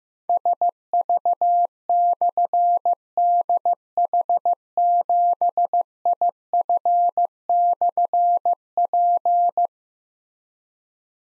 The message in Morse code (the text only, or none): SV/DH7IF/P